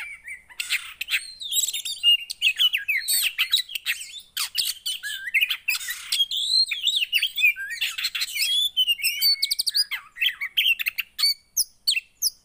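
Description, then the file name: Oriental magpie-robin song, a dense, continuous run of varied whistles, sharp chirps and harsh buzzy notes, mostly high-pitched, with almost no pauses. Song played to provoke a caged kacer (magpie-robin), said to make it immediately agitated. "Burung kacer anda langsung emosi dengar ini"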